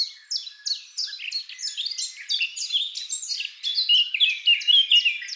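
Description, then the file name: Eurasian blackcap song: rapid, tumbling series of chirpy warbled notes delivered without pause, growing busier and more varied. "Sylvia atricapilla"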